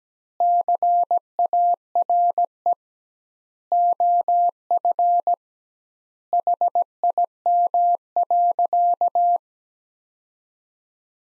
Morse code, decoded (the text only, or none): CARE OF HIM.